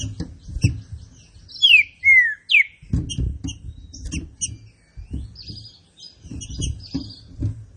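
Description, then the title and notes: Green-winged saltator gives one brief whistled phrase of three slurred notes. Most is high chips and low rapping noises. Classic song style (canto clássico) of the trinca-ferro, presented as a song for training. "Canto Clássico Trinca Ferro TREINAMENTO. trinca fero"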